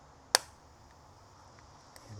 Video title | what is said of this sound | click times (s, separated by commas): Fisker Ocean - Smart Key Fob Mod | That is snapped and then we have the rear here and we'll press that down. | 0.4 s